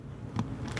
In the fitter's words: and you just hear it snap in. That's good, and you just continue on putting them in.